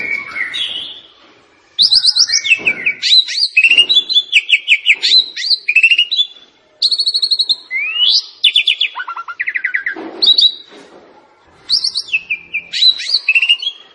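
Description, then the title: Javan pied starling song, a dense, varied stream of rapid buzzy trills, chatters and sliding whistled notes, broken by brief pauses. Masteran recording, a song used to train birds. "Masteran Jalak Suren"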